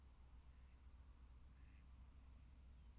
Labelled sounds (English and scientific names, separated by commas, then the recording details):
Mallard (Anas platyrhynchos)
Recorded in Germany
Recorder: ecoPi